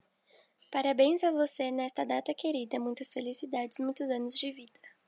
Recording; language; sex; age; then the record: short text; Brazilian Portuguese; female; 18 to 19 years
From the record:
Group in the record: control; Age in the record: 18 years